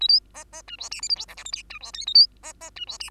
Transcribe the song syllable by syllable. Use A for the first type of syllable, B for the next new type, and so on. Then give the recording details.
A B C C D E F G H I J K L M D E N A B C C D E F. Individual Bird2